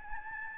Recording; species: mosquito wingbeat signal from an infrared sensor; Aedes albopictus